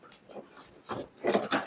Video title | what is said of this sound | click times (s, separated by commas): Babyhug High Chair unboxing and installation❤️ #trending #shorts #short #shortvideo #youtubeshorts | ఈజీగా installation అండి ఇది just ఇట్లా one click | 1.5 s